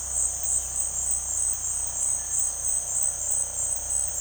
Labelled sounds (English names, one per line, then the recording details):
none
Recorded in dense forest near Puerto Asís, Putumayo, Colombia, on 21 February 2024 at 18:00
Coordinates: 0.487, -76.319
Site G6403